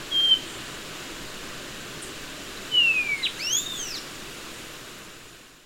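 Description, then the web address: Bronze-green euphonia singing a short high whistle, then a longer clear note sliding downward followed by a few quick arched chirps, over a steady soft hiss. Recorded in Ecuador. "Natures Songs S America Birds of Ecuador Bronze-green Euphonia"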